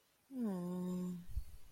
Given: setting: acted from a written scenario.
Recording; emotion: vocal sound without words; sadness